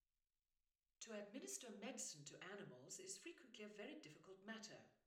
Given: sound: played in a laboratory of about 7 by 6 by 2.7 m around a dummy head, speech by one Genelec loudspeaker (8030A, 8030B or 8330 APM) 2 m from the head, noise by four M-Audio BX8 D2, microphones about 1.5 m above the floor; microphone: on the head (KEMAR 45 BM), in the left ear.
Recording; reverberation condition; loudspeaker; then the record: female speech in English; medium; 60 degrees to the left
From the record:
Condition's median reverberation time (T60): about 510 ms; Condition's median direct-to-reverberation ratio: about -0.5 dB